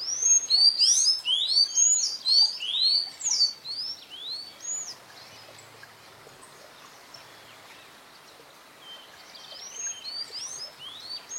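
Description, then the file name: Sayaca tanager singing a hurried string of thin, squeaky upslurred and downslurred notes, then a pause of several seconds before a shorter burst returns near the end. "Canto do sanhacu cinzento"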